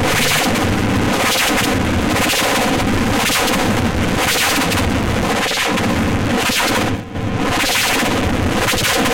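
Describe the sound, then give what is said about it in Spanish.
Automatic rifle fire rattles out in repeated bursts over a dense, loud, continuous roar, keeping a steady rhythm for several seconds before a brief dip and then resuming. “Este anda con un fusil ametrallador, el que tenía 30 tiros”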